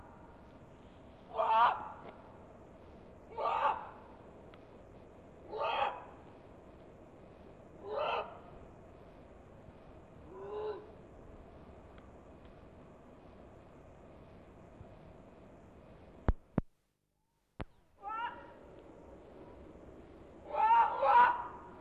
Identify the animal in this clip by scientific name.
Felis chaus